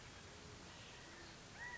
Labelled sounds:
California Quail (Callipepla californica)
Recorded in Sonoma County, California

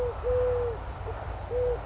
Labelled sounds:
Eurasian Collared Dove (Streptopelia decaocto)
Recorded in Sonoma County, California

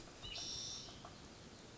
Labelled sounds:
Spotted Towhee (Pipilo maculatus)
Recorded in Sonoma County, California

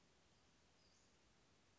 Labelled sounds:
Western Flycatcher (Empidonax difficilis)
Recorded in Sonoma County, California

